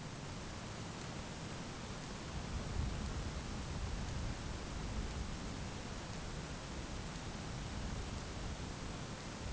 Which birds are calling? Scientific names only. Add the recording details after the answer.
none. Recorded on Arctic tundra, site ZACK-1, on 12 June 2019. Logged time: 05:49